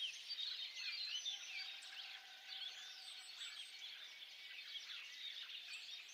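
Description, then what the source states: Birds in a steady chorus of overlapping high chirps and twitters, with no single voice standing out clearly. Birds singing at dawn.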